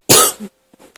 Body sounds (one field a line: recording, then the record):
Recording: coughing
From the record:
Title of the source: 30 Chesty and wet cough